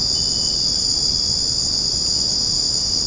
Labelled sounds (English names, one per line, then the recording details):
none
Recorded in secondary vegetation near Puerto Asís, Putumayo, Colombia, on 12 March 2025 at 23:00
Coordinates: 0.481, -76.318
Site G097